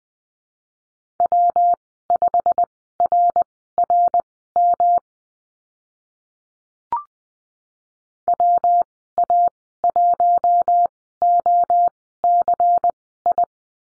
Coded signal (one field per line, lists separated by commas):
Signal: Morse code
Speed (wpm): 20 wpm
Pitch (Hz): 700 Hz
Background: none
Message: W5RRM WA1OCI